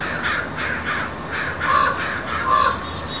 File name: raven